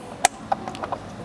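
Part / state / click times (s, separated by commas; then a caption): steering control wiring connector into the yoke harness socket / seated / 0.2 s. While a replacement yoke is fitted to a Tesla Model S, the steering wheel control harness connector is plugged into its plastic mating socket and seats with a sharp click at 0.3 s. Softer ticks follow around 0.5, 0.7, 0.8 and 0.9 s as the connector is tugged to check that it holds, and it stays firmly seated.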